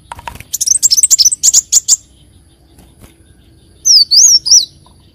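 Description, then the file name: Leafbird song of quick high chirps for two seconds, a pause, then three looping slurred whistles. "Tieng chim xanh tim"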